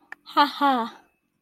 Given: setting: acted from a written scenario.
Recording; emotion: vocal sound without words; amusement